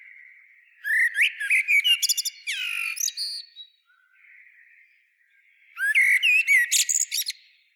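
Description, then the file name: Common blackbird song: two phrases of quick whistled and twittering notes, separated by a quieter gap with faint high sounds. "Turdus merula"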